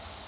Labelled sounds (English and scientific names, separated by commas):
Northern Parula (Setophaga americana) flight call